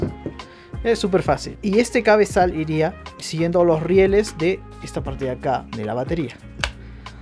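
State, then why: Seated. A 12 V battery pack for a Black + Decker CD121K cordless drill/driver is slid along the rails into the base of the drill until it locks. Someone talks over background music while it slides in, and the battery clicks into place at 6.6 s.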